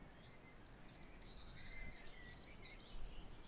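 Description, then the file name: Great tit calling a rapid, even run of sharp, high two-part notes. "Parus major"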